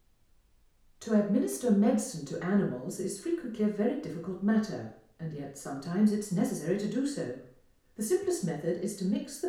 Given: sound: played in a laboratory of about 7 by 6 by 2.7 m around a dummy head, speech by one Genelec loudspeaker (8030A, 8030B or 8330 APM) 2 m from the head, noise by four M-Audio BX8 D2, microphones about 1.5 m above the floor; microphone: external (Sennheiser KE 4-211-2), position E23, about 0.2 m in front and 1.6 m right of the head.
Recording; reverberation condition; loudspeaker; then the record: female speech in English; medium; 150 degrees to the right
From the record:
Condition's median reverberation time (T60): about 510 ms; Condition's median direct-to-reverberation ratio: about -0.5 dB